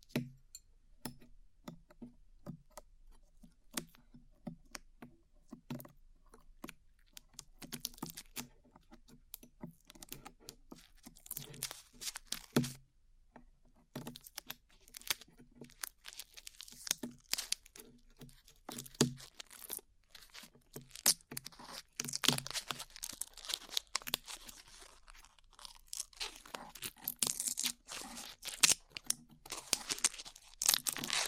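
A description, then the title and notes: Glue being peeled off skin, heard as a run of small sticky pops, crackles and tearing snaps that come quickly and irregularly throughout. The crackling grows denser and brighter after about 20 seconds, with bursts of fine hiss. ASMR Peeling Glue Off Your Ears (No Talking).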